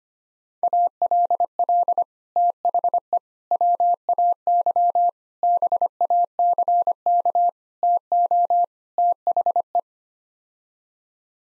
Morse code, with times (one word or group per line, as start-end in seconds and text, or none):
0.6-2.0 ALL
2.4-3.2 THE
3.5-5.1 WAY
5.4-7.5 BACK
7.8-8.6 TO
9.0-9.8 THE